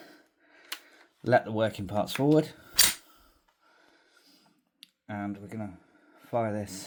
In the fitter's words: press up, and you'll hear that click.